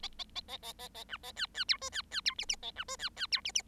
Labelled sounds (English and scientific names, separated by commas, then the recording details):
Bengalese Finch (Lonchura striata domestica) song
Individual Bird7